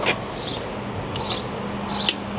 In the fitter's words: klickt einfach ein einfach eininklicken das war's